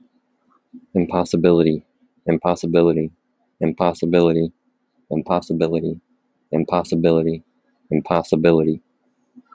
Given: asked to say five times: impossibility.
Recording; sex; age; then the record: repeated word; male; 30 to 39 years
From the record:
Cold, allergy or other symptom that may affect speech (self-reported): no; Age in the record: 33 years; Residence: Florida, United States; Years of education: 12